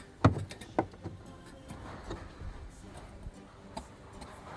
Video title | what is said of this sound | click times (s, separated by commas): BMW F30 Comfort Access repair | you will hear it snap in this and | 0.2 s, 0.8 s